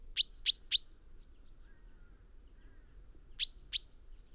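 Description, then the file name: Common chaffinch, three quick sharp call notes followed after a pause by two more, metallic and evenly spaced. "Fringilla coelebs"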